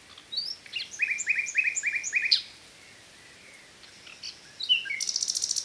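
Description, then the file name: Common nightingale song: a rhythmic series of repeated rising chirps, a sharp note, a pause, then a dense fast rattle. "Luscinia megarhynchos"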